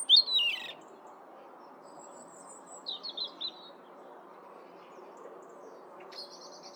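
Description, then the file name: European robin giving sparse, brief high phrases: a slurred descending twitter, a pause, a few thin notes, and a final high buzzy trill, with gentle background hiss. "Erithacus rubecula"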